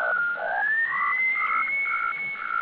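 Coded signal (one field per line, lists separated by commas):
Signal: weather fax (radiofax)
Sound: a pure tone sliding upward as tuned, with a rhythmic warble twice a second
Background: radio static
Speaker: Hein, vous l'entendez, hein, la tonalité change. Hein, vous voyez, voilà, c'est vers là à peu près.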